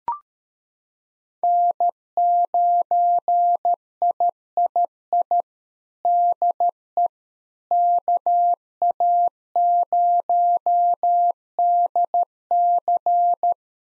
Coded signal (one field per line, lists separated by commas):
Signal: Morse code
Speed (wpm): 13 wpm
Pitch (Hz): 700 Hz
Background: none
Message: N9III DE KA0DC